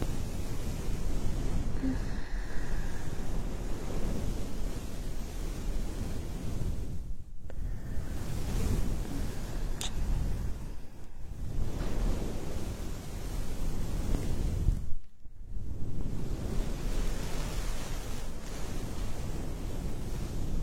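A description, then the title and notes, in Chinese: Ear massage sounds: a dense, continuous rubbing rush, heavy in the low end, like wind or surf pressed against the ear. The texture surges and eases, with brief near-silent breaks around 7, 11 and 15 seconds. 按摩耳朵刺激大脑。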